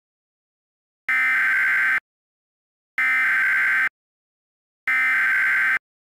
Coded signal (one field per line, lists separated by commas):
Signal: Emergency Alert System (SAME) tones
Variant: header bursts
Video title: [OLD] EAS Mini Scenario - Fusion Reaction